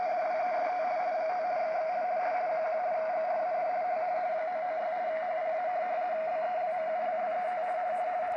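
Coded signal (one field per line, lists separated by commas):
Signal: RTTY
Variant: 50 baud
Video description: Seewetterbericht vom Deutschen Wetterdienst in Pinneberg - DDH47 - 147,3 kHz auf der Langwelle in RTTY 50 Baud.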